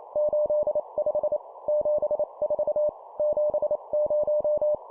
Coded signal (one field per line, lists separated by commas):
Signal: Morse code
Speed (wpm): 28 wpm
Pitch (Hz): 600 Hz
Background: none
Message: 85 74 70